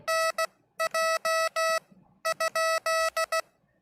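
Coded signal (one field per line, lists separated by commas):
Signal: Morse code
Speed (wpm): 16 wpm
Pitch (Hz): 2600 Hz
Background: none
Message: NJ?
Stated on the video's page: Livestreamed CW practice between amateur operators, one still learning Morse.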